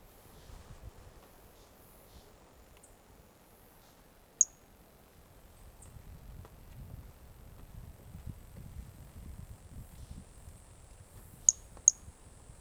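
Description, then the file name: Brachycephalus mirissimus with isolated high, clicking chirps: one single note, then a close pair near the end, against steady faint low-frequency noise. One individual recorded on 18 January 2018; first note of the call missing; animal not collected. "Brachycephalus mirissimus 18 jan 2018 individual 05 ex 04 fist note missing L F Ribeiro"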